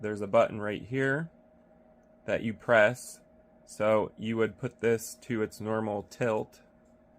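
A V-Show S712 Kuan 450W BSW moving head is being handled: it is brought to its normal tilt position ahead of pressing the tilt-lock button on the yoke's metal/plastic housing. Throughout, someone talks over a faint steady hum. The tilt-lock button has not clicked in and nothing has seated yet.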